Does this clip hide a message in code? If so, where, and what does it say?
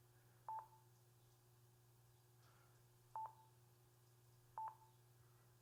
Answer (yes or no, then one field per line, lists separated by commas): no